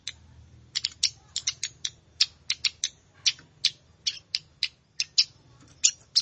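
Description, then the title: Plain prinia giving sharp, dry ticking notes in an irregular string, each a brief high crackle. "Ciblek Sawah"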